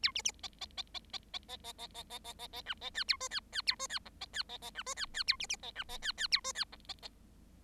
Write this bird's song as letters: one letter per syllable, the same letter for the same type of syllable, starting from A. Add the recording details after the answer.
A B B C C C C C C C C C C C C C C D C E A F E E A F E G C E C C D F E E A B B C D C E E A F E G C C. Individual Bird7